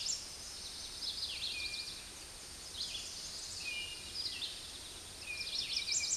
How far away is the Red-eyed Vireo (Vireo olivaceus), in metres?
about 30 m